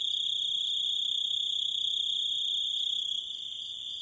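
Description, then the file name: Grasshopper trilling: an unbroken, shrill insect buzz that drops a little in loudness near the end. "zvuki kuznechika"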